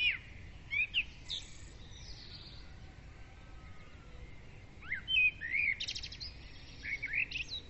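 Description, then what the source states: Birds singing in bursts, bright chirps and warbled phrases at the start and again toward the end, with quieter stretches between. Dawn chorus of birds, recorded with a ZOOM recorder.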